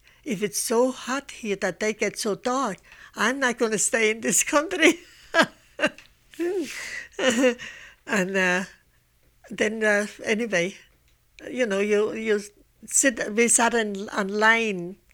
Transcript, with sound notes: If it's so hot here that they get so dark, I'm not going to stay in this country." ( she laughs ) And, uh, then, anyway, you know, you sit, we sat on line,